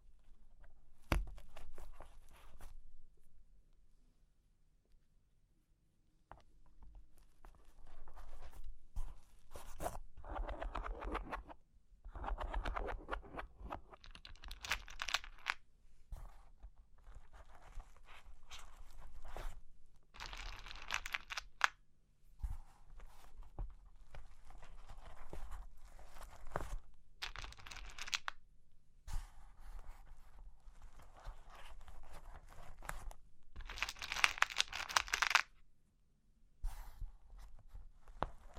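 Cork and wood are tapped, scratched and traced in an irregular series of short strokes and rasping scrapes, with a few brief pauses. Brighter, hissing scrapes stand out around 10–13, 20, 28 and 35 seconds, over a faint low rumble.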